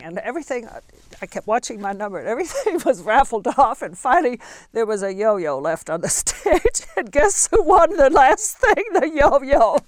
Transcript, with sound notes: And everything, I kept watching my number, and everything (she laughs) was raffled off and finally there was a yo yo left on the stage, and guess who won the last thing, the yo you.